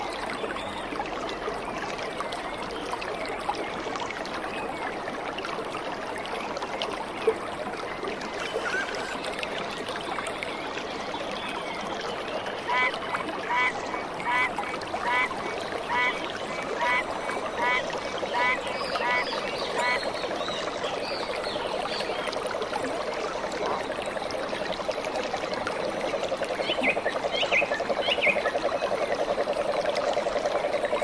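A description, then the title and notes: Tropical rainforest ambience with a dense, steady wash of sound, like trickling water, running throughout. Around the middle, a rapid, regular pulsing insect or bird call repeats for several seconds. Higher chirps come near the end as the wash grows slightly louder. Tropical Rainforest Ambience.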